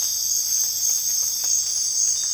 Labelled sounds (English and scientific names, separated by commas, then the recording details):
none
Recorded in dense forest near Puerto Asís, Putumayo, Colombia, on 26 December 2024 at 04:30
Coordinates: 0.484, -76.325
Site G056